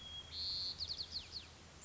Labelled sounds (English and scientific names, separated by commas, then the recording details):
White-crowned Sparrow (Zonotrichia leucophrys)
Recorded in Sonoma County, California